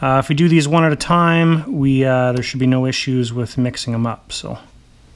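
Someone talks throughout while handling a crimped wire terminal, its locking tab bent up so it will stay in its new spot, to push it into a new multi-pin plug housing on a CARF Snowbird RC jet's wiring. The wires are moved one at a time so they don't get mixed up. The clip ends before the terminal goes home, so nothing has seated or clicked yet.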